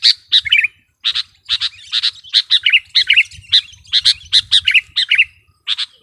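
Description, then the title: Sooty-headed bulbul song: quick bursts of bright chirps mixed with short falling, bubbling phrases, with short gaps between. "kutilang"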